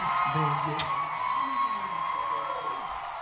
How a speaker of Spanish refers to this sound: aplauso, muchas gracias. Gracias, venga.